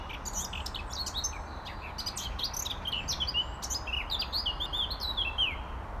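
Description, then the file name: Eurasian blackcap giving quick high chirps and short warbled notes in a busy, overlapping stream, with a steady low rumble of background noise. "Sylvia atricapilla"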